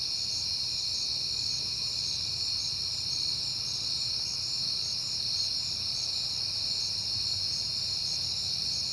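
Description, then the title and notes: Crickets chirping together in a continuous shimmering high drone, lightly pulsing, with a faint low hum beneath. Crickets recorded at night in September on a peaceful night; crickets heard often that month. "Night Time: Crickets and Passing Cars. It is September and I have been hearing the crickets a lot, but finally had a peaceful night to make the recording"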